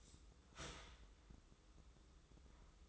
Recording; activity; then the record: daily activity, microphone in the room; start toaster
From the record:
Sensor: 3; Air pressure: 995.3 hPa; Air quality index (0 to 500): 73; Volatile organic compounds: 5 ppm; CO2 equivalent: 1706 ppm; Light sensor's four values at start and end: 18/53/22/19 and 18/53/23/19